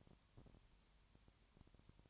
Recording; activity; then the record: daily activity, microphone in the room; no activity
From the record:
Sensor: 3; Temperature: 21.1 degrees Celsius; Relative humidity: 37.0%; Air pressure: 1010.6 hPa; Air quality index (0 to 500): 204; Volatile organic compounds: 31 ppm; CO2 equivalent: 2974 ppm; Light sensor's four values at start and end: 2/3/2/2 and 2/3/2/2